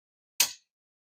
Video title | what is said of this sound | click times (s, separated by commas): How to Properly Use a Torque Wrench (Click Type) 2024 | I didn't even have to turn it it clicked out so that's how we properly use a torque wrench so now I'm going to show you how | 0.4 s